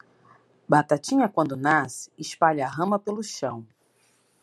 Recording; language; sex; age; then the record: short text; Brazilian Portuguese; female; 40 to 49 years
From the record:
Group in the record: control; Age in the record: 43 years